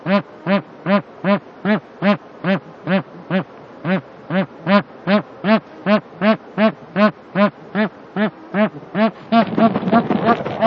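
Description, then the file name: Bar-headed goose giving a long, rapid series of nasal honks, more than two a second, ending in overlapping noisy calls. "anser indicus"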